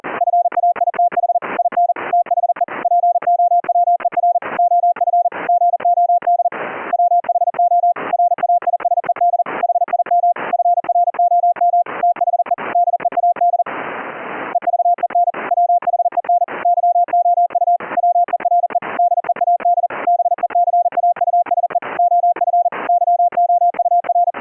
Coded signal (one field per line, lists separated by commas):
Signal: Morse code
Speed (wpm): 40 wpm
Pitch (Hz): 700 Hz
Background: none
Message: FAITH IN THE POWER OF GOD WHO RAISED HIM FROM THE DEAD EVEN WHEN YOU WERE DEAD BECAUSE OF YOUR